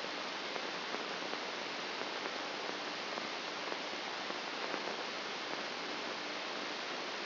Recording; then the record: brain microelectrode recording played as sound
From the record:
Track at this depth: inside the subthalamic nucleus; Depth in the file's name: 1.227 mm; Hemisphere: left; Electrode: 2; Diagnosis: Parkinson's disease